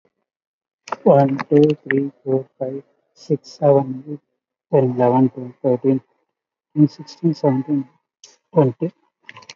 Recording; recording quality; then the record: counting at a fast pace; excellent, no background noise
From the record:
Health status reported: COVID-19 positive, moderate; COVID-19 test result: positive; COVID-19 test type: RT-PCR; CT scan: taken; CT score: 16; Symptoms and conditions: cough, cold, breathing difficulty, sore throat, fever, fatigue, muscle pain, loss of smell and taste, diabetes, ischaemic heart disease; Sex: male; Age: 58 years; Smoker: no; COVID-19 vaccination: both doses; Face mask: worn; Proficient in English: yes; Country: India